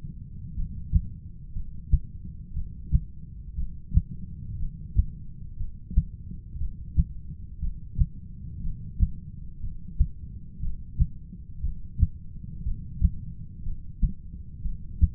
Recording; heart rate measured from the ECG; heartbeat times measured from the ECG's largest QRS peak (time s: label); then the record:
heart sounds by stethoscope; 60 bpm
0.55 s: heartbeat
1.54 s: heartbeat
2.54 s: heartbeat
3.56 s: heartbeat
4.58 s: heartbeat
5.58 s: heartbeat
6.58 s: heartbeat
7.60 s: heartbeat
8.62 s: heartbeat
9.61 s: heartbeat
10.60 s: heartbeat
11.61 s: heartbeat
12.63 s: heartbeat
13.64 s: heartbeat
14.63 s: heartbeat
From the record:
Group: heart failure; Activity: rest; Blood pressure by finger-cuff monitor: 112/74 mmHg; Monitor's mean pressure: 88 mmHg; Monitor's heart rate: 59 bpm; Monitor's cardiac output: 6.5 L/min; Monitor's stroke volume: 110 mL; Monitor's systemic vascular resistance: 990 dyn s/cm5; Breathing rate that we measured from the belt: 15 breaths a minute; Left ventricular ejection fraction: 25%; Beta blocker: metoprolol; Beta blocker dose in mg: 62.5 twice daily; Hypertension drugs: ramipril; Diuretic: furosemide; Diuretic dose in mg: 40 twice daily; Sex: male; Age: 57 years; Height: 180 cm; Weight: 90.5 kg